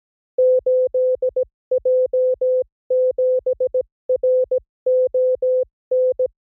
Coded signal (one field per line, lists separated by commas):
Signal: Morse code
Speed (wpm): 17 wpm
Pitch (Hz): 510 Hz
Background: music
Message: 8J7RON